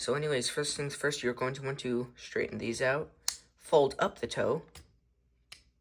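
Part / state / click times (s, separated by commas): toe or leg joint of a plastic transforming toy figure / seated / 5.5 s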